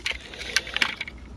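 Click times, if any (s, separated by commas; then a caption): none. Two plastic pegs at the top of a Transformers Reveal the Shield Solar Storm Grappel figure are handled near their sockets to finish its robot mode, with brief sharp plastic taps and rattles at about 0.1, 0.6 and 0.8 s. The pegs have not snapped in; nothing has seated or clicked yet.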